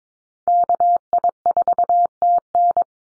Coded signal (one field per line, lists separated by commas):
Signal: Morse code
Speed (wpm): 22 wpm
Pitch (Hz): 700 Hz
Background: none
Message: KI4TN